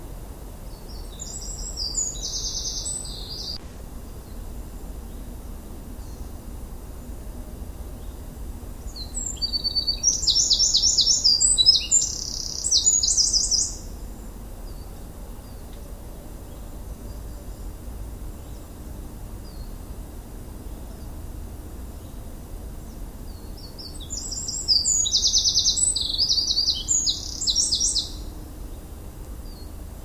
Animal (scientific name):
Troglodytes troglodytes